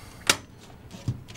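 A padded metal I/O shield for an MSI Z270 motherboard is pushed by hand into the rear cutout of a BitFenix Portal mITX case, its edges clicking in on the sides. A sharp click sounds at 0.3 s, followed by quieter handling noise. The shield is confirmed seated in the rear opening.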